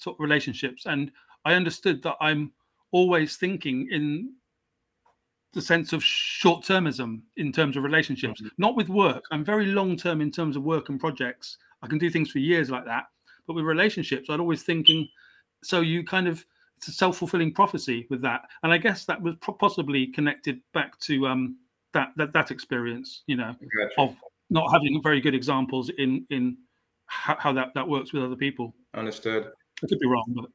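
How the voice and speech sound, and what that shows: An adult man speaks conversationally with a stammer (stuttering) that has been present since childhood. His fluent stretches are broken by word and phrase repetitions such as "that, that, that", "in, in" and "how, how", along with filled pauses ("um") and frequent silent gaps.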